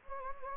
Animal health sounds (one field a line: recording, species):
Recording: mosquito wingbeat signal from an infrared sensor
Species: Anopheles gambiae